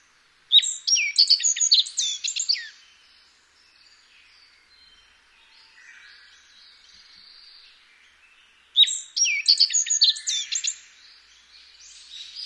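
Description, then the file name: Black-faced bunting singing two brief bursts of rapid, high, tinkling and buzzy notes about eight seconds apart, with quiet faint chirps between them. "aoji"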